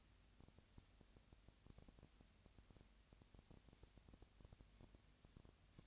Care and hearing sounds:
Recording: daily activity, microphone in the room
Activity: no activity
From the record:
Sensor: 2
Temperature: 20.3 degrees Celsius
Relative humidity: 37.0%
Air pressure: 998.6 hPa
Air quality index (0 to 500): 236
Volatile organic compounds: 38 ppm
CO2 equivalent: 3116 ppm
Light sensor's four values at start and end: 2/3/2/2 and 2/3/2/2

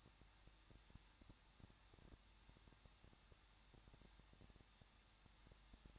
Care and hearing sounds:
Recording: daily activity, microphone in the room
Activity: no activity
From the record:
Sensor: 3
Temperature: 21.2 degrees Celsius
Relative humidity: 36.3%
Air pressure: 1006.3 hPa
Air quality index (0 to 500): 221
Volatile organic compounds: 41 ppm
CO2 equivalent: 3157 ppm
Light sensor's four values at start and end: 2/3/2/2 and 2/3/2/2

